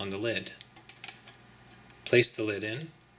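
Someone talks while the plastic lid of a HighPi Raspberry Pi single-board computer case is being placed in, with a few light taps and handling clicks between about 0.8 and 1.3 seconds. The lid has not snapped into place yet, and nothing has seated.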